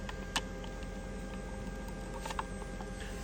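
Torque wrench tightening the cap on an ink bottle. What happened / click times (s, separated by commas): The torque wrench clicked at its set limit, so the cap is tight / 0.4 s, 2.4 s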